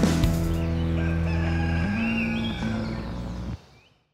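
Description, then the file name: Chicken: rooster crowing: one long sustained, harmonic note that steps upward midway and then breaks off abruptly after about three and a half seconds. "gallo rex"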